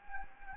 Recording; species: mosquito wingbeat signal from an infrared sensor; Anopheles gambiae